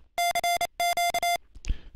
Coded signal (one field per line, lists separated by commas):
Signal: Morse code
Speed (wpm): 29 wpm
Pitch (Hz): 700 Hz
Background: music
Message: CQ